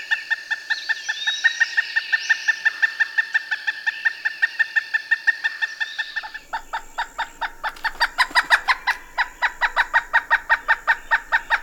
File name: pileated woodpecker